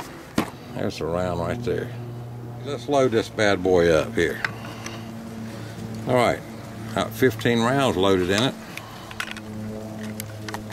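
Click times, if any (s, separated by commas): none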